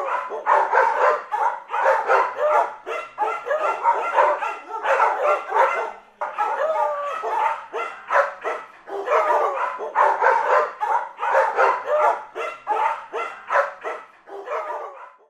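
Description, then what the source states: Dogs barking, several at once: a dense, overlapping chorus of sharp barks and high yelps that carries on almost without pause for the whole stretch. A pack of dogs barking.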